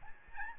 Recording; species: mosquito wingbeat signal from an infrared sensor; Aedes albopictus